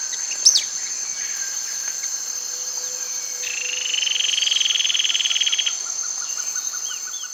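Bird calls: a fast buzzy trill held for about two seconds, with brief whistled notes before it, over a constant high insect drone.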